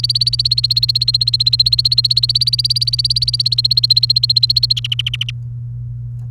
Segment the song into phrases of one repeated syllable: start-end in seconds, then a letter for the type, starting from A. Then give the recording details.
0.00-4.79 A, 4.84-5.30 B. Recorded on 28 April 2018 at 08:34. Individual llb3